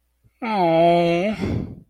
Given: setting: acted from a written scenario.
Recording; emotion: vocal sound without words; sympathy